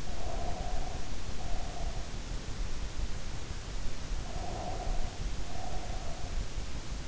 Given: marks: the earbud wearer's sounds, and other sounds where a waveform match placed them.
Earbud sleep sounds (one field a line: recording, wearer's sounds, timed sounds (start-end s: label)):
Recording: sounds in sleep by an in-ear microphone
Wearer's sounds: breath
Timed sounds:
0.00-2.20 s: breath
4.22-6.52 s: breath